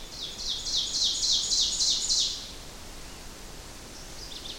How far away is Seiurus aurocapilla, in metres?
about 25 m